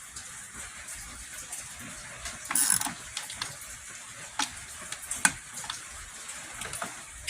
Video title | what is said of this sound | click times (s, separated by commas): Why this Dodge Durango Oil Cooler Replacement is so Expensive | hear that mhm that click I don't like that | 5.2 s